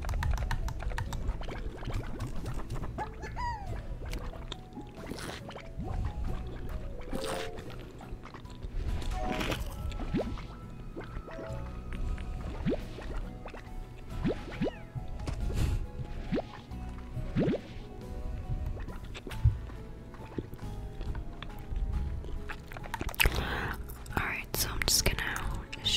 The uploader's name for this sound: Gum Chewing Mouth Sounds